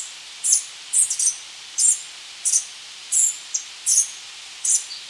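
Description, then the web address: Three-striped warbler calls, sharp high chips given singly or in quick pairs about every half second to second, over a faint hiss. Recorded in Ecuador. "Natures Songs S America Birds of Ecuador Three-striped Warbler"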